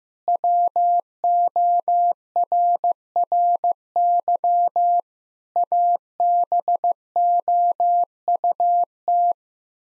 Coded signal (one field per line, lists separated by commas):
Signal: Morse code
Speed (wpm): 16 wpm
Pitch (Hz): 700 Hz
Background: none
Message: WORRY ABOUT